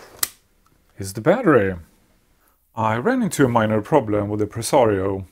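A battery pack is pushed into the battery bay of a restored vintage Pentium III laptop and latches with a sharp click at 0.2 s. After a short pause, someone talks for the rest of the clip. The battery is seated.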